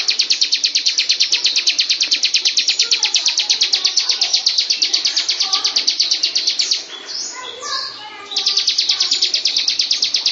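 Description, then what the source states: High buzzy lovebird chattering runs nonstop for about seven seconds, drops out briefly, then returns; softer lower chirps beneath. Long "ngekek" song (ngekek panjang) style.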